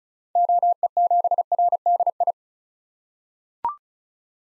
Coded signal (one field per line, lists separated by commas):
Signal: Morse code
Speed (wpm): 36 wpm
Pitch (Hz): 700 Hz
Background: none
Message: OE7RDI